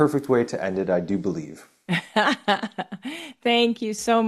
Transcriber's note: laughs